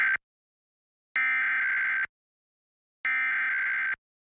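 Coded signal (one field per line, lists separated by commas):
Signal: Emergency Alert System (SAME) tones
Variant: header bursts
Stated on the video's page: Monthly EAS tests, mostly required monthly tests, from TV stations; encoders are DASDEC-IIs unless noted.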